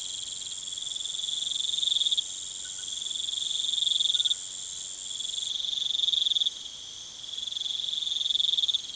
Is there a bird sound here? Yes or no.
no